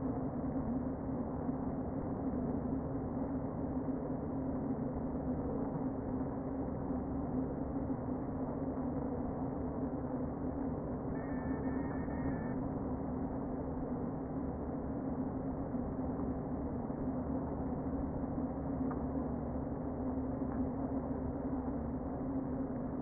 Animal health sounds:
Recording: honeybee colony, microphone inside the hive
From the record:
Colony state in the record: queen present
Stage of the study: before two queens were removed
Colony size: about 60,000 bees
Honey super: yes

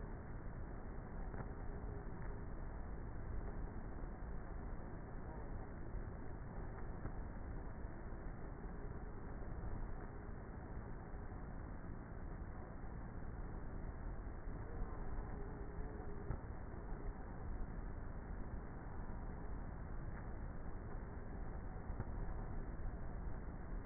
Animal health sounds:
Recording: honeybee colony, microphone inside the hive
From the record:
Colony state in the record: queenless with a low population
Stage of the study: before two queens were removed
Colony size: about 30,000 bees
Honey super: no

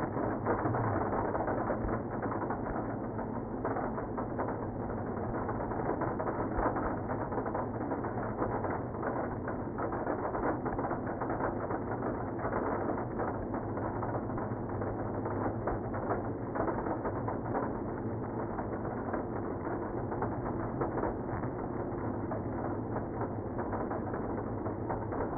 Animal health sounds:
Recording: honeybee colony, microphone inside the hive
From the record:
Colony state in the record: queenless (queen removed)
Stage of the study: after two queens were removed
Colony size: about 60,000 bees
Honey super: yes

